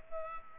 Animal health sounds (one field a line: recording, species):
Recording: mosquito wingbeat signal from an infrared sensor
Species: Culex pipiens